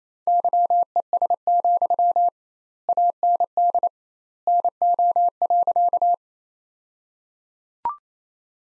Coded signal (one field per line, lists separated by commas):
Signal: Morse code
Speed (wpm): 28 wpm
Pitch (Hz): 700 Hz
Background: none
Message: YES, AND NO.